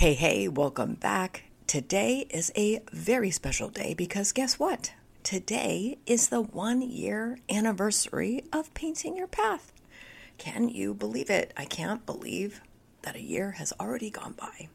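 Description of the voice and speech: An adult woman speaks fluently and warmly, but her voice keeps catching: repeated creaky, strained breaks on vowels, with glottal catches and a few stretched sounds. This fits spasmodic dysphonia, in which spasms of the voice-box muscles interrupt smooth voicing.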